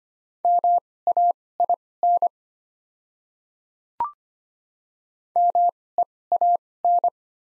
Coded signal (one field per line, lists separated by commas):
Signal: Morse code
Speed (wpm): 25 wpm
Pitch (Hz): 700 Hz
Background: none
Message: MAIN MEAN